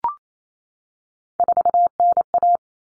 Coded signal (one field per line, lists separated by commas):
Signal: Morse code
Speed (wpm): 28 wpm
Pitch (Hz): 700 Hz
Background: none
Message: 4NA